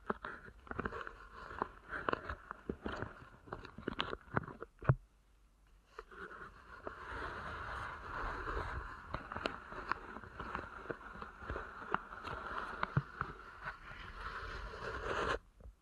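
Deep ear canal massage with dense rubbing and soft crackling textures. For the first five seconds come uneven sharp clicks and thumps, then a near-silent pause; from about six seconds a steadier, fuller rustling runs on with scattered pops until it stops abruptly near the end.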